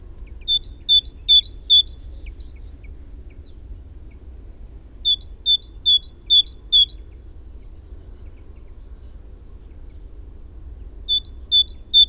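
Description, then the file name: Great tit song in three bursts several seconds apart, each a short string of ringing two-note phrases, with silence and low rumble between. "Parus major"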